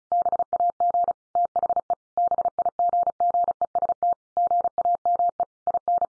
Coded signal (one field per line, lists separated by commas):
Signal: Morse code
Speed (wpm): 34 wpm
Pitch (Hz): 700 Hz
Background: none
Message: BAG THE BIGGEST GAME IN